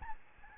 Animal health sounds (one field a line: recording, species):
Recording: mosquito wingbeat signal from an infrared sensor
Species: Aedes albopictus